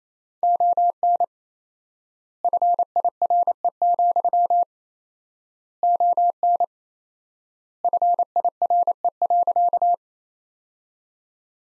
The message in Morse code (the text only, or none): ON FIRE, ON FIRE.